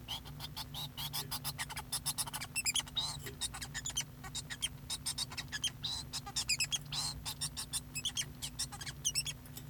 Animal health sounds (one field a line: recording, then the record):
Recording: song of a male Bengalese finch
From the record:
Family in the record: son of father 2